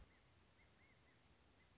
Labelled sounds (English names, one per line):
Anna's Hummingbird